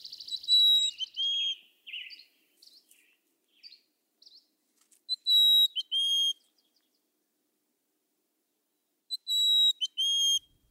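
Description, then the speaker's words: Mountain Chickadee song: two bouts of clear, pure whistled notes, a few short whistles in each, separated by several seconds of silence, with other chirps and whistles at the start. Sierra Nevada population; regional song dialect, with birds at different elevations on the same mountain singing different songs. "Sure. This is a mountain chickadee from the Sierra Nevada."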